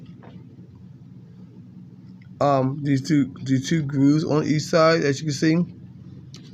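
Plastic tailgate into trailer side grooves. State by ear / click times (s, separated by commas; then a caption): not seated / none. The plastic tailgate of an RC toy trailer is pushed up into the grooves on each side of the trailer while someone talks. Faint, quiet handling sounds sit under the speech. No snap or tight click is heard; nothing has seated or clicked yet.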